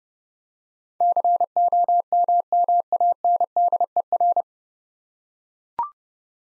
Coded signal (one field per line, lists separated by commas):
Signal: Morse code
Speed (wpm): 30 wpm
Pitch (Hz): 700 Hz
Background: none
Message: COMMANDER